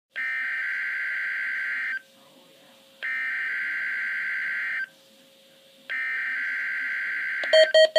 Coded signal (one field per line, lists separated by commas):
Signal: Emergency Alert System (SAME) tones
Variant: header bursts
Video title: Real NOAA Weather Radio #43